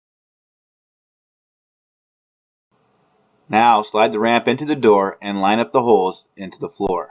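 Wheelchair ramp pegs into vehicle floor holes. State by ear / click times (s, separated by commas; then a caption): not seated / none. The yellow-wrapped end of a portable wheelchair ramp is attached at the top with its pegs lined up, ready to be slid into the vehicle door so the pegs drop into the floor holes to lock it in place. After about 3.5 seconds of silence, someone talks for the rest of the clip. No click is heard, and the pegs have not yet seated in the floor holes.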